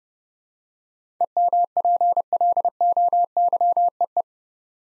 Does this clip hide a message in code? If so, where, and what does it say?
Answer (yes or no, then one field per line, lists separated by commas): yes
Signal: Morse code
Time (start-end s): 1.2-4.2 s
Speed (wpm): 30 wpm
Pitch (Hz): 700 Hz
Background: none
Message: EMPLOYEE